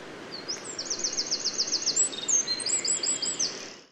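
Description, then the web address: Eurasian wren singing a fast, tumbling outburst of high trills and sharp notes over faint background hiss. "SETE Troglodytes troglodytes"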